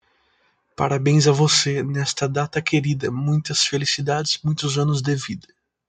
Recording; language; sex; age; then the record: short text; Brazilian Portuguese; female; 20 to 29 years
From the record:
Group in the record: control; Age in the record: 26 years